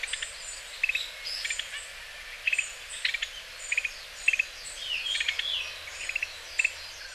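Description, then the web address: Japanese grosbeak calls: short clicky notes in small bursts over a steady background hiss, with other faint sounds. Recorded in Hyogo, Japan. "koe ikaru hyogo kaji"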